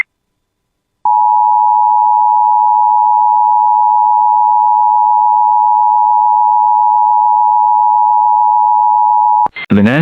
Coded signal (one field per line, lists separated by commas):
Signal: Emergency Alert System (SAME) tones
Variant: 853 and 960 Hz attention tone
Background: speech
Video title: EAS Warnings if they existed back then.... [EP 1]